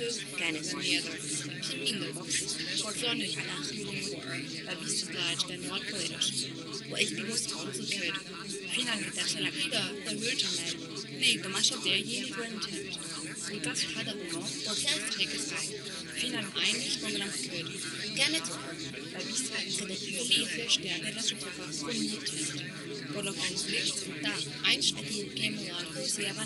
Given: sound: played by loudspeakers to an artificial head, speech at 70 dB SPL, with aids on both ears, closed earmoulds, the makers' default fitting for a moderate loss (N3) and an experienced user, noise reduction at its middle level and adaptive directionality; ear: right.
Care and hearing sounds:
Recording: speech test signal (ISTS) in cocktail-party noise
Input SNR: -6 dB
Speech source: on the right (90 degrees)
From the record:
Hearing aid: class 2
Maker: J

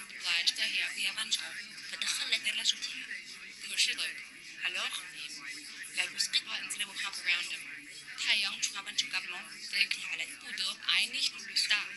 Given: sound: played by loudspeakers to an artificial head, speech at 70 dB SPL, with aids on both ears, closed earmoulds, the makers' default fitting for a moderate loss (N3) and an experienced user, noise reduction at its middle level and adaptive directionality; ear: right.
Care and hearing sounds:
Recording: speech test signal (ISTS) in cocktail-party noise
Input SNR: -3 dB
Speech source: in front (0 degrees)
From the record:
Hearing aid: class 2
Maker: H

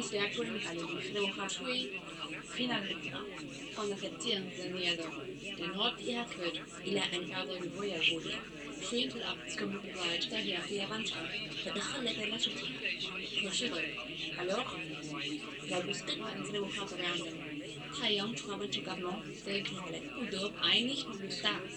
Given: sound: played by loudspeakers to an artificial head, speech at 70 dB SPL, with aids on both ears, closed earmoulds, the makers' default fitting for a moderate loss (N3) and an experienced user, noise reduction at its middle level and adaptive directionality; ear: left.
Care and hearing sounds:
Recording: speech test signal (ISTS) in cocktail-party noise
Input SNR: +3 dB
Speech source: on the right (90 degrees)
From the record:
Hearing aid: class 1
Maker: C

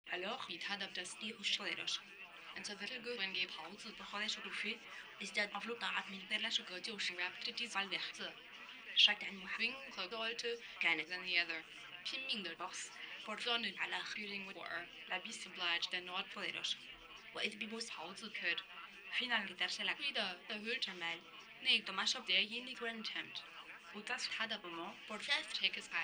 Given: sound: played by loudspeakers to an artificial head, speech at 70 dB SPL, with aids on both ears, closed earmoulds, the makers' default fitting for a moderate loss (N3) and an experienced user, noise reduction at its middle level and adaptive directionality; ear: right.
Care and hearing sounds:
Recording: speech test signal (ISTS) in cocktail-party noise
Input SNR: +9 dB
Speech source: in front (0 degrees)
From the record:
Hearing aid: class 2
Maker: F

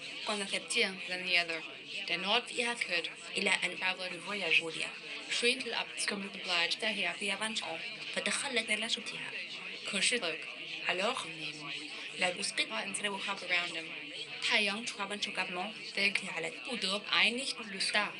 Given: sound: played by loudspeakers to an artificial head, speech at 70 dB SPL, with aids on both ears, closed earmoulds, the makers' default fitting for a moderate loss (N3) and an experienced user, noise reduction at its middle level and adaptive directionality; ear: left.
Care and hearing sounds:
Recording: speech test signal (ISTS) in cocktail-party noise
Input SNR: +9 dB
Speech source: in front (0 degrees)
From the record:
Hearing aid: class 2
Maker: I

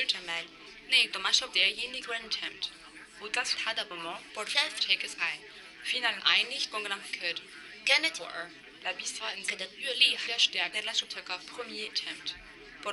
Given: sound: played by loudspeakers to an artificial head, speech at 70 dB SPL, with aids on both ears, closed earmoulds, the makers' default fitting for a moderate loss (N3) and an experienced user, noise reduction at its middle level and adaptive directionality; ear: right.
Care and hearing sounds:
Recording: speech test signal (ISTS) in cocktail-party noise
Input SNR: +3 dB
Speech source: in front (0 degrees)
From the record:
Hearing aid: class 2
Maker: B

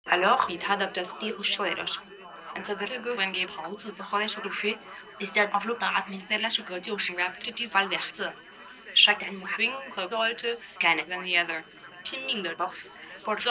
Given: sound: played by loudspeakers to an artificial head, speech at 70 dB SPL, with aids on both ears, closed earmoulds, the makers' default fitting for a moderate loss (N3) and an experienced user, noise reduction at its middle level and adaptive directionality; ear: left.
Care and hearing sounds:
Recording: speech test signal (ISTS) in cocktail-party noise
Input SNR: +9 dB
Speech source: in front (0 degrees)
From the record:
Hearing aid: class 2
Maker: E

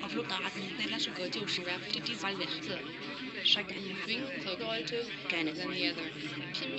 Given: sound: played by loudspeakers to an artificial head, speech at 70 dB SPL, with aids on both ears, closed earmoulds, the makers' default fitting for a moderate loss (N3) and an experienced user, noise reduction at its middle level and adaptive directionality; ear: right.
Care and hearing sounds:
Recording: speech test signal (ISTS) in cocktail-party noise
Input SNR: -3 dB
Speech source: on the right (90 degrees)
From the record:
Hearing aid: class 1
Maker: D

